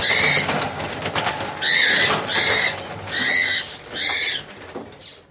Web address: pet shop agitated birds and cockatiel screeching